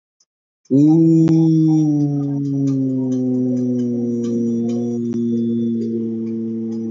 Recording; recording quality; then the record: sustained vowel as in boot; excellent, no background noise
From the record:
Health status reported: COVID-19 positive, mild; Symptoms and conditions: cough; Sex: male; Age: 23 years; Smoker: yes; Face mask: not worn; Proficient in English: no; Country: India